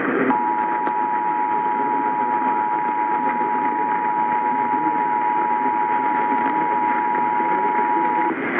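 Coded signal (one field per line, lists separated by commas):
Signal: Emergency Alert System (SAME) tones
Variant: 853 and 960 Hz attention tone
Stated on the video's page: Georgia CAE and weekly test plus Minnesota monthly test received as distant DX on AM/FM; the first Georgia message was toned out twice due to an error.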